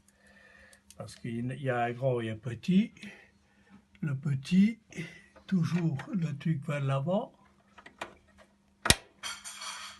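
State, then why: Seated. Someone talks while a small multi-pin wiring connector is pushed into its socket on the control board of a Buderus boiler, with faint handling sounds just before. It clicks home with a sharp, loud click at 8.9 s, and the connector is seated.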